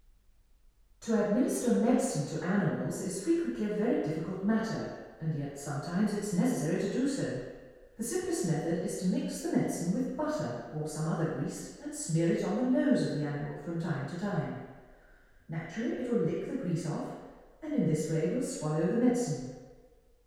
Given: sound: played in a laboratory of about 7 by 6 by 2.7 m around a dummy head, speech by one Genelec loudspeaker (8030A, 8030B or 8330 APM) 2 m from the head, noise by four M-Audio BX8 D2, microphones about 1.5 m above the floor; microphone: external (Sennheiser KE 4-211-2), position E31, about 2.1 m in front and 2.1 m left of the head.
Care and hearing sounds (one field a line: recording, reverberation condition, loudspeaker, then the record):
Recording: female speech in English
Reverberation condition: high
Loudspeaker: 120 degrees to the left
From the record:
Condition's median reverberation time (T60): about 1300 ms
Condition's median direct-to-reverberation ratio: about -4.0 dB